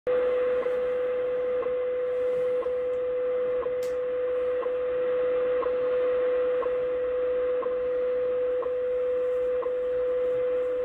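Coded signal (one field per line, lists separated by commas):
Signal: radio time signal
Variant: WWV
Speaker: so this is WWV in Colorado at 25 megahertz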